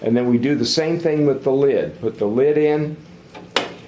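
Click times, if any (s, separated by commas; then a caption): 3.6 s. Someone talks while a plastic lid is set into the blue tube of a Pet Tutor Smart Training Feeder, pushed down and rotated until it locks. A sharp click at 3.6 s marks the lid snapping into place.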